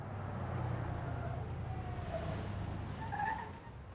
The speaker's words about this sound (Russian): Подъезжает фургон ликвидаторов, останавливается перед машиной Сафронова.